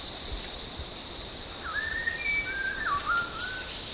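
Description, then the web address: White-rumped shama delivering a single smooth whistled phrase that rises, holds, then dips and rises again, over a continuous insect hum. Recorded at Danum on 8 August 2009. "DANUM 20090808. white-rumped shama"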